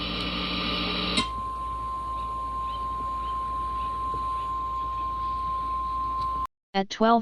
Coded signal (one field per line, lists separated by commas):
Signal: Emergency Alert System (SAME) tones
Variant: 1050 Hz attention tone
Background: speech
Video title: fictional eas tornado emergency